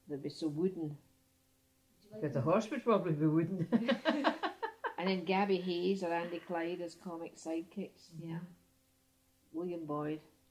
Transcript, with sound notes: They'd be so wooden.
Well the horse would probably be wooden. [laughs]
And then Gabby Hayes or Andy Clyde as comic sidekicks.
Yeah.
Uhuh.
William Boyd.